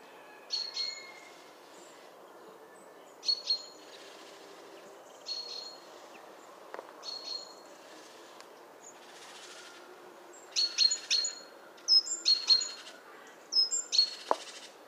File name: Parus major